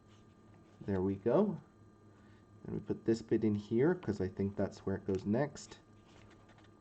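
A pinwheel piece from the starter-kit pinwheel assembly is being handled and positioned to go into its mount while someone talks. Faint handling noise sits under the voice. Nothing has seated or clicked yet.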